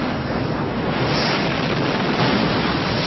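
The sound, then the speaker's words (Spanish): Tsunami waves crash and churn in a loud, unbroken roar as the sea sweeps through a city and its houses, a dense rushing wash of water with wind-like noise layered over it and no voices. “Y vendrá el mar con furia.”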